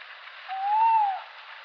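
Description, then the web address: Tawny owl call: a single clear, tonal whistled note that rises gently and then falls, lasting under a second, over a steady hiss. "strix aluco call"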